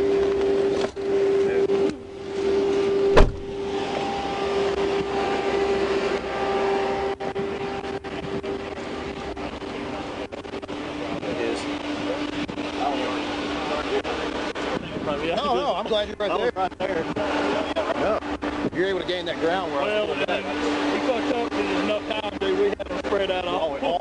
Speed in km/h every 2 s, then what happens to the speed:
0, 0, 0, 0, 0, 0, 0, 0, 0, 0, 0, 0.
0-24 standing.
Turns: none.